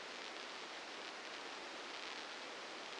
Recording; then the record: brain microelectrode recording played as sound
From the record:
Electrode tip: inside the subthalamic nucleus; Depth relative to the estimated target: -3 mm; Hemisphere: left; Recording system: NeuroSet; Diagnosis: Parkinson's disease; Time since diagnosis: 8 years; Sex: male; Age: 59 years